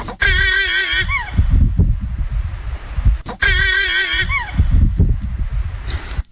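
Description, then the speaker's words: Llama alarm call, a loud wavering gobble-like cry ending in a falling slide, given twice about three seconds apart, with rustling and low rumbling between. A mother llama giving an alarm call to warn her young of danger, said to resemble wild turkeys; recorded in hills northeast of Ukiah. "That's the Mama Llama. That's a llama alarm. Mama Llama is telling baby llama, watch out, something, there's danger out there."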